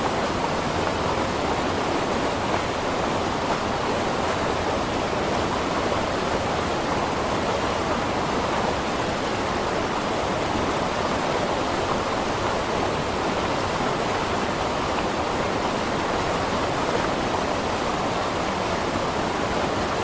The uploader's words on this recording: Serene Waterfalls. Mountain stream, waterfalls.